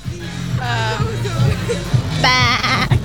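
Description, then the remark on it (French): A person imitates a goat, letting out two wavering, nasal bleats with a quavering vibrato, the second higher and brighter than the first, over a low steady hum. “Eh bien, tu as un don pour faire la chèvre.”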